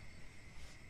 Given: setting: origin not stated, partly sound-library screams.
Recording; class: one-second piece from a danger detection set; normal situation